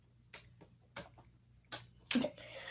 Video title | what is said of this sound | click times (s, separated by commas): Lego Build - Nintendo Entertainment System (71374) Part 2 | so i went until they clicked | 1.7 s, 2.1 s